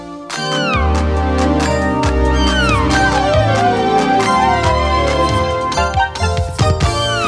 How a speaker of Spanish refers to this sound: Miau, miau, miau, miau, michi, michi, miau.